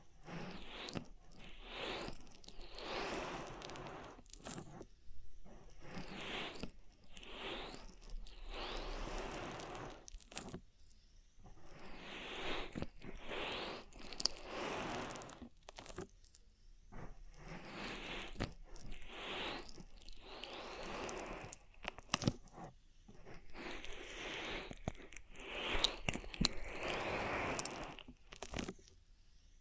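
Oily ear massage made of wet, crackling rubs and squelches in repeated bursts, with frequent sharp crunchy clicks and brief quiet gaps between strokes.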